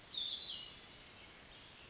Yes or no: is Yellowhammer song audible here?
no